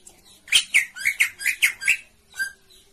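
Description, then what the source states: Oriental magpie-robin call: about seven rasping chirps in quick succession, then one more after a short gap. Long-duration filler song (isian) meant to train the bird to sing loudly by day and night.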